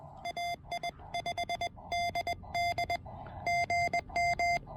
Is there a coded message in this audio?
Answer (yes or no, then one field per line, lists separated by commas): yes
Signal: Morse code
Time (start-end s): 0.3-4.6 s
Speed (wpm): 20 wpm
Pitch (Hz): 700 Hz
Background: none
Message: AI5DD GM